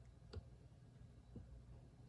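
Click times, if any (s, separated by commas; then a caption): 0.3 s. An objective lens on a revolving microscope nosepiece is turned and swings into place, stopping with a sharp click at 0.3 s, which shows it is seated in position. A second, softer tick follows near 1.4 s over a low background hum.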